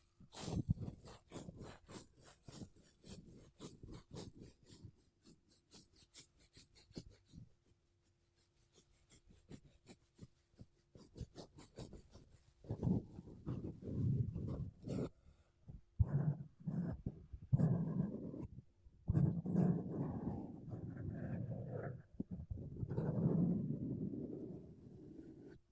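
Makeup brushes and a sponge rub and brush against a microphone. The first half is quick, regular scratchy strokes, fairly soft, thinning out around the middle; from about 13 seconds the sounds turn louder, fuller and more muffled, with dense rubbing bursts and brief pauses.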